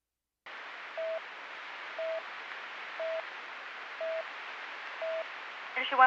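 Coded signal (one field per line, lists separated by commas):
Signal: none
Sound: radio channel alert beeps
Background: speech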